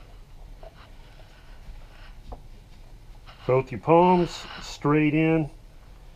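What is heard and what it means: A replacement plastic slider for a White's metal detector headphone is being handled and lined up to be pushed straight into the headband yoke with both palms. Two faint short ticks are heard at about 0.6 and 2.3 seconds over low background noise, then someone talks. Nothing has seated or clicked yet by the end of the clip.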